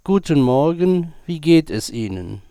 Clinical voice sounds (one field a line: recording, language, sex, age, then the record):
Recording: spoken sentence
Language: German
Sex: male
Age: 60 to 69 years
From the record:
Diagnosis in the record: contact pachydermia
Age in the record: 68 years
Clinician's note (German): Verdacht auf Kontaktpachydermie, etwas atypisch, hinteres Drittel verlängerte Schlußphase